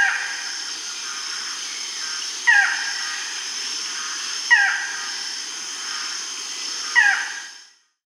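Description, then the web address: Barred forest-falcon giving three short notes that drop in pitch, spaced a few seconds apart, over a steady high hiss, the sound fading at the end. Recorded in Peru. "Birds of the Amazon. Barred Forest-Falcon (Micrastur ruficollis), Peru"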